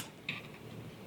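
The gimbal and camera flat flex cable is pressed onto its board connector inside a DJI Mavic 3 Pro drone during a test fit, with the gimbal not yet installed. A single short, bright tick is heard at 0.3 s over quiet background. The connector snaps on and is seated.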